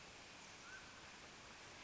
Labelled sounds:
Mountain Quail (Oreortyx pictus)
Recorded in Sonoma County, California

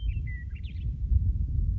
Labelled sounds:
Western Meadowlark (Sturnella neglecta)
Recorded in Sonoma County, California

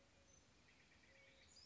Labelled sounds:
Mourning Dove (Zenaida macroura)
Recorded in Sonoma County, California

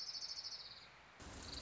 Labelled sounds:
Orange-crowned Warbler (Leiothlypis celata)
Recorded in Sonoma County, California

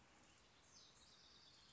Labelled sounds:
House Wren (Troglodytes aedon)
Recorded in Sonoma County, California

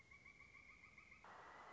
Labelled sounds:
Pileated Woodpecker (Dryocopus pileatus)
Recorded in Sonoma County, California

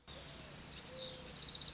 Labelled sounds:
Mourning Dove (Zenaida macroura)
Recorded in Sonoma County, California

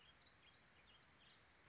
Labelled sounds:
Warbling Vireo (Vireo gilvus)
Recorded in Sonoma County, California

